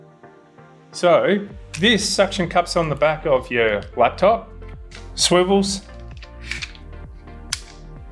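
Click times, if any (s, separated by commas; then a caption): 7.5 s. Someone talks over background music while the phone holder arm of an STM Goods Dex stand, held onto the back of a laptop by suction cups, is swivelled. A few soft clicks come around 6.2 to 6.8 seconds, then a sharp, loud click at 7.5 seconds as the arm locks in place.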